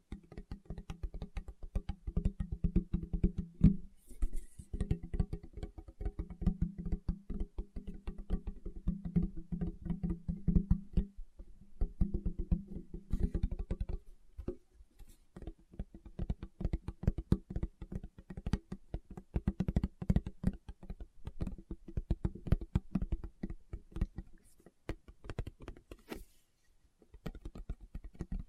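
Fingertips tap quickly and steadily in dense, uneven bursts of light clicks, sometimes like typing on a keyboard. A low, hollow resonance hums under the taps for most of the clip. Brief pauses come around 14 seconds and again near 26 seconds.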